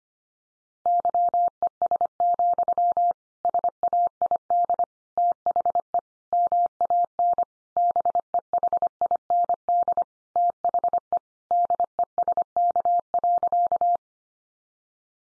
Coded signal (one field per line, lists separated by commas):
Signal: Morse code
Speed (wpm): 25 wpm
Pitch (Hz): 700 Hz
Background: none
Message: YES, SAID THE MAN BEHIND THE DESK.